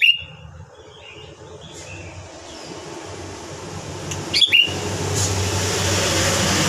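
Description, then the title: Sooty-headed bulbul giving a short burst of bubbly notes at the start and another later on, over a steadily rising rushing background noise. "Kutilang"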